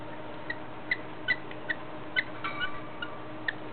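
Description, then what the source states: Budgerigar laboured breathing, soft high squeaks repeating at short intervals, one slightly drawn out, against a quiet humming background. Heavy breathing of a budgerigar.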